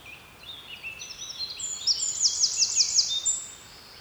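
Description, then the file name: Eurasian wren song: thin high notes leading into an evenly spaced trill of several strokes, over steady background hiss. "Troglodytes troglodytes"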